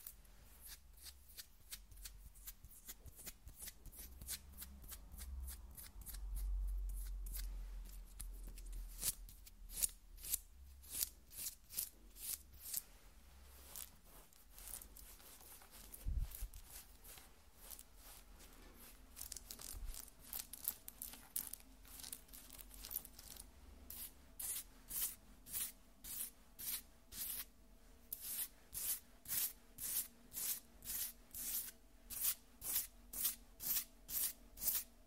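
Crisp scratching on skin, made of quick bright rasping strokes in a steady rhythm. The strokes start softer and scattered, then grow louder, sharper and more evenly spaced in the second half. A faint low rumble sits underneath early on.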